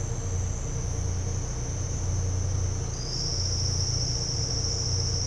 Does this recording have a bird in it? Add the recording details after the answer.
no. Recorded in dense forest near Puerto Asís, Putumayo, Colombia, on 13 March 2025 at 09:00. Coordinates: 0.468, -76.322. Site GP01